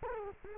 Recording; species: mosquito wingbeat signal from an infrared sensor; Culex quinquefasciatus